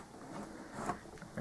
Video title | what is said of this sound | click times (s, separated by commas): Adult Collectors Batman Power Attack: Blast & Battle Batcave Playset Review | is that satisfying click ta-da | 1.4 s